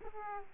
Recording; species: mosquito wingbeat signal from an infrared sensor; Aedes aegypti